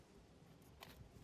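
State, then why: Seated. With the jack weight removed, the front axle of an OBS Ford F250/F350 4x4 truck is rocked back until the steel leaf spring's center pin drops into the locating hole on the axle spring perch. Against a steady low background, a single short, sharp click sounds at 0.8 s. The center pin is seated in the perch.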